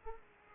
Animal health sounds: mosquito wingbeat signal from an infrared sensor; Culex pipiens

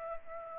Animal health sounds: mosquito wingbeat signal from an infrared sensor; Aedes aegypti

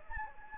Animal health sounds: mosquito wingbeat signal from an infrared sensor; Anopheles gambiae

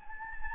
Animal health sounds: mosquito wingbeat signal from an infrared sensor; Anopheles gambiae

